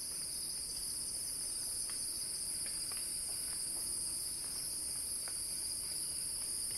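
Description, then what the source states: Shrill, even cicada drone holds without pause, layered in two high bands, with faint clicks flickering beneath. Cicada song in a crescendo, recorded by Axel Drioli for Earth.fm's Sounding Wild.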